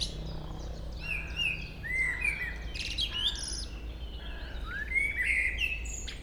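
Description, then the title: Common blackbird song, with mellow fluty phrases that slide upward, separated by short pauses and scratchy high twitters, over a constant low background hum. Local blackbird singing, recorded at Chindrieux, France. "Chemin des cris, Chindrieux, France - Merle"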